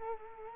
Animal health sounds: mosquito wingbeat signal from an infrared sensor; Culex quinquefasciatus

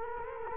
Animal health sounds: mosquito wingbeat signal from an infrared sensor; Culex quinquefasciatus

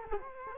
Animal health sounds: mosquito wingbeat signal from an infrared sensor; Culex quinquefasciatus

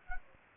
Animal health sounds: mosquito wingbeat signal from an infrared sensor; Anopheles gambiae

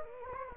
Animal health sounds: mosquito wingbeat signal from an infrared sensor; Anopheles gambiae

